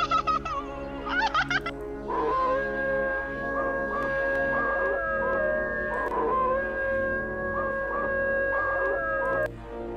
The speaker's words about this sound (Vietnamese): Con chó bị xích ở đầu nhà cứ rú lên từng hồi ghê rợn.